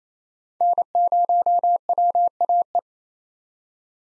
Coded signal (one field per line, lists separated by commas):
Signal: Morse code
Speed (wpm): 28 wpm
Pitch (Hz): 700 Hz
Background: none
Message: N0WAE